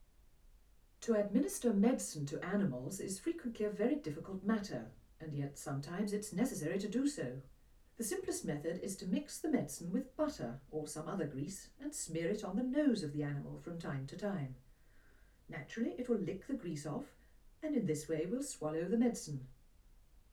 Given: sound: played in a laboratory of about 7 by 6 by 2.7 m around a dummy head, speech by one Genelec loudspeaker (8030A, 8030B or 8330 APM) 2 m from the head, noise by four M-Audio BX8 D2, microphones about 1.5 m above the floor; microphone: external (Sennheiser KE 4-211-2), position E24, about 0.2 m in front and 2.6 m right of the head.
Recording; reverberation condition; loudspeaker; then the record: female speech in English; low; 90 degrees to the left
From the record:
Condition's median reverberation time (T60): about 310 ms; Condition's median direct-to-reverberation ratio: about 3.5 dB